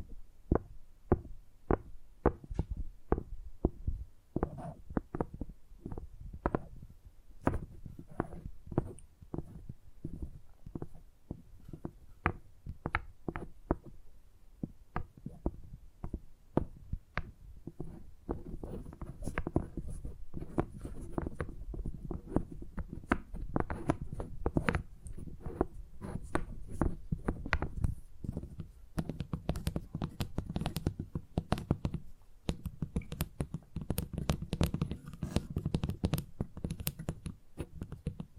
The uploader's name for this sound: Brain Tingly Tapping Sounds